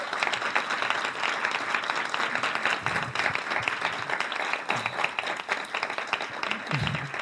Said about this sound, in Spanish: Bueno, ahora ya una vez que ya nos hemos dado el aplauso, vamos a la parte, digamos, de la charla.